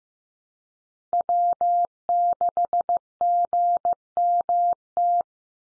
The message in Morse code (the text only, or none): W6GMT